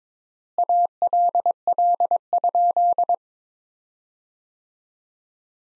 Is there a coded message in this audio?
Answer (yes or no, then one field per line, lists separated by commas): yes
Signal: Morse code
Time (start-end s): 0.6-3.1 s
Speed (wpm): 22 wpm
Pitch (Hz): 700 Hz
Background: none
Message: ALL?